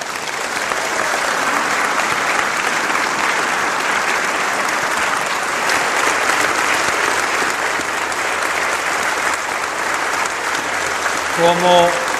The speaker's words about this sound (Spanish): Como yo siempre digo, el aplauso es para ustedes. Ustedes son los matrimonios.